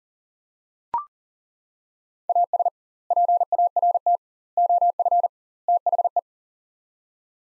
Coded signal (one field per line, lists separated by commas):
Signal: Morse code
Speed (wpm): 37 wpm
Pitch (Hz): 700 Hz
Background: none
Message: AS PART OF THE